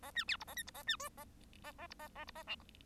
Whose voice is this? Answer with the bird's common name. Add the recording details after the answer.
Bengalese Finch. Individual Bird1